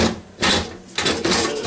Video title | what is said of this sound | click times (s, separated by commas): NINJA FOODI first look | locks into place okay | 1.0 s